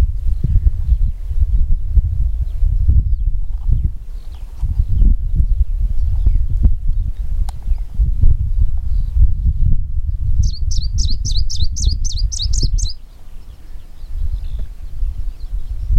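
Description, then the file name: Smoky warbler song: a quick run of many high, sharp repeated notes lasting two to three seconds, over heavy low rumble. "warbler-smoky -Phylloscopus-fuligiventer"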